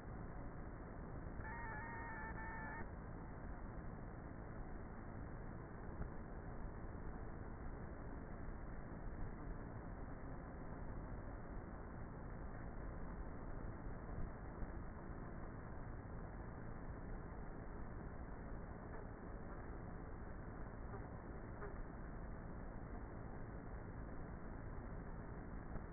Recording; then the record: honeybee colony, microphone inside the hive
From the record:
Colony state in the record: queenless with a low population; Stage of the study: before two queens were removed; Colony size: about 30,000 bees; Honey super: no